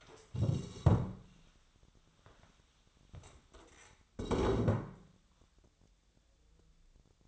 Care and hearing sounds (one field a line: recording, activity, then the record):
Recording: daily activity, microphone in the room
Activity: stand up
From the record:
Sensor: 3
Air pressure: 1015.2 hPa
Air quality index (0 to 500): 172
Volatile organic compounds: 14 ppm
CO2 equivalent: 2466 ppm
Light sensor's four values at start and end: 12/30/12/13 and 12/30/12/13